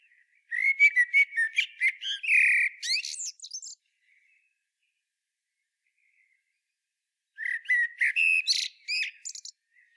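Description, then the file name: Common blackbird song: two phrases of low, mellow fluted whistles, each ending in a squeaky, high twitter, separated by about four seconds of quiet. "Turdus merula"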